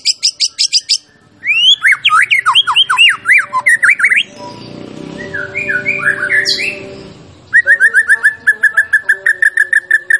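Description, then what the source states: White-rumped shama song: bursts of rapid high chattering notes, then loud repeated slurred whistles, a softer warbled passage, and a fast rhythmic run of ringing notes. Champion bird; master recording used to train other songbirds.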